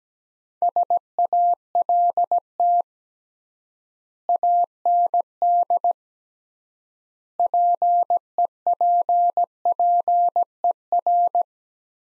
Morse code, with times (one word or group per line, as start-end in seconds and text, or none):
0.6-2.8 SALT
4.3-5.9 AND
7.4-11.4 PEPPER